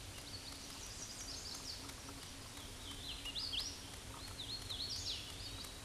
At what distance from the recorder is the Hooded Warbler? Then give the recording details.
about 40 m. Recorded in a Pennsylvania forest on 18 May 2023 at 11:02. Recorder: AudioMoth, point grid1_32_low. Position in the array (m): 134 m, 106 m